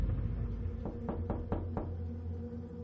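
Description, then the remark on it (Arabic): Five sharp knocks on a door in a quick, slightly uneven rhythm, each a crisp wooden rap, heard over a steady low hum with no talking. “لم يكد يكمل كلمته الأخيرة حتى فوجئ الجميع بطرق الباب”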